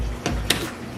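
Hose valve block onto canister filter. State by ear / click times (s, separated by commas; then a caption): seated / 0.5 s. A plastic hose valve block is pushed straight down onto the head of a Fluval FX6 aquarium canister filter. A soft knock at 0.3 s comes before a sharp, bright click at 0.5 s. The valve block locks and is secured in place.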